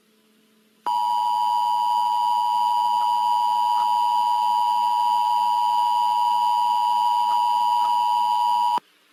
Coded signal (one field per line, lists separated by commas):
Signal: Emergency Alert System (SAME) tones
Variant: 853 and 960 Hz attention tone